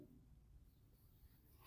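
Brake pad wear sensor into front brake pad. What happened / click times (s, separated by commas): The part is being positioned, not yet seated / none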